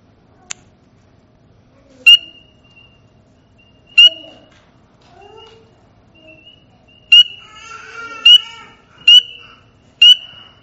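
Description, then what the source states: Spring peeper peeps: six high, clear notes, each with a short trailing tone, at uneven gaps of one to three seconds. Played back recording; the species is named after its call.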